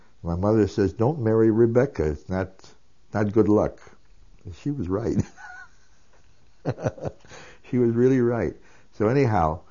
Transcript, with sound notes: My mother said, "Don't marry Rebecca. That's not good luck." And she was right. ( he laughs ) She was really right. So, anyhow,